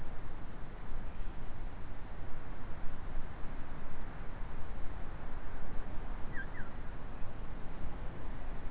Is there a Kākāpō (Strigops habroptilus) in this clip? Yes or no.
no